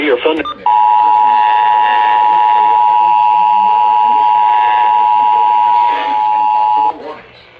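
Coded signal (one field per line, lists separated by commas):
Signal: Emergency Alert System (SAME) tones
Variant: 853 and 960 Hz attention tone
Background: speech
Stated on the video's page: Hurricane Helene EAS alerts, some received on a BC370CRS.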